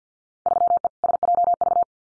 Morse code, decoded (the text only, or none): 3E SJV